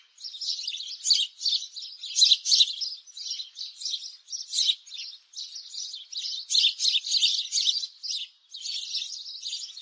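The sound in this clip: Sparrow chirping, a dense stream of rapid high chirps tumbling over one another in uneven bursts, with brief dips between bursts.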